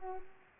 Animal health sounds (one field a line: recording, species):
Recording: mosquito wingbeat signal from an infrared sensor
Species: Culex pipiens